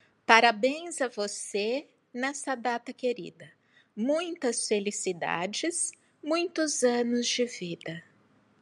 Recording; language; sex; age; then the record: short text; Brazilian Portuguese; female; 60 to 69 years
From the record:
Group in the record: control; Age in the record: 60 years